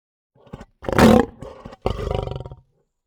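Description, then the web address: Lion snarling: a sudden loud harsh rasp followed by lower pulsing growls. Aggressive snarling from more than one lion. "lion snarl aggressive multiple"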